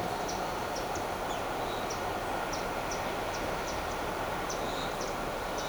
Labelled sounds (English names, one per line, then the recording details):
Black-throated Mango
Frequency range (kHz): Black-throated Mango 3.6-7.7 kHz
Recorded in shrubland near Pivijay, Magdalena, Colombia, on 14 April 2023 at 17:30
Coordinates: 10.453, -74.365
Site P5-G022